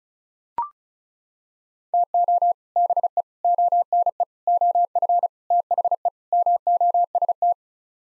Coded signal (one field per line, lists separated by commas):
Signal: Morse code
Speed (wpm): 34 wpm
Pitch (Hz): 700 Hz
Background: none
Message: TO BE ONE OF THE MOST